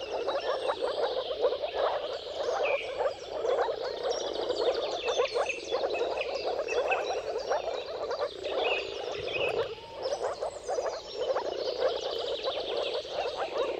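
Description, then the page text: Moor frog mating chorus, thick and continuous low bubbling that dips briefly near ten seconds, with songbirds twittering above. Dawn chorus of many moor frogs giving mating calls at sunrise, at the turn of March and April, timing depending on the weather. "Dawn’s Chorus: Mating Calls of Marsh Frogs at Sunrise. Depending on the weather at the turn of March and April, you can witness an amazing spectacle of moor frogs. Jakub-Orzecki moor frogs"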